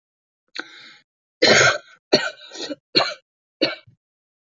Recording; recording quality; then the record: heavy voluntary cough; excellent, no background noise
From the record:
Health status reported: healthy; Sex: female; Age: 21 years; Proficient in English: yes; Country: India